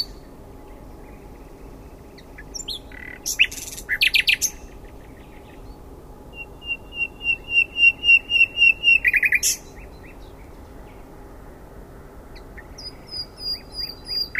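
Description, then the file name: Common nightingale song in separate phrases: quick clicking bursts, then a long run of repeated whistled notes growing louder and ending in a brief burst, and a last short phrase after a pause. "Luscinia megarhynchos"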